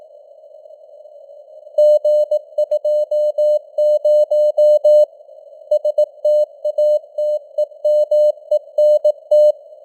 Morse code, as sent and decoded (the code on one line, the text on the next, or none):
--. ..--- ----- / ... - .- - . -- . -. -
G20 STATEMENT